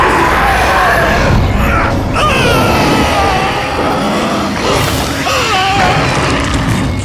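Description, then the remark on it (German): On the floor below, two men scream in wavering, high cries over a continuous bed of predators roaring and crashing, a loud, chaotic din that never lets up. “Wir hörten die Schreie zweier Männer und das Gebrüll von Raubtieren.”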